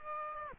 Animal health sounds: mosquito wingbeat signal from an infrared sensor; Aedes aegypti

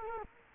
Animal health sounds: mosquito wingbeat signal from an infrared sensor; Culex quinquefasciatus

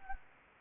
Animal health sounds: mosquito wingbeat signal from an infrared sensor; Anopheles gambiae

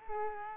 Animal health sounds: mosquito wingbeat signal from an infrared sensor; Culex quinquefasciatus

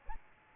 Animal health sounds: mosquito wingbeat signal from an infrared sensor; Aedes albopictus

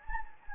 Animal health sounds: mosquito wingbeat signal from an infrared sensor; Anopheles gambiae

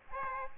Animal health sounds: mosquito wingbeat signal from an infrared sensor; Aedes aegypti

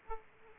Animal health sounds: mosquito wingbeat signal from an infrared sensor; Aedes aegypti

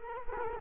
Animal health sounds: mosquito wingbeat signal from an infrared sensor; Culex quinquefasciatus

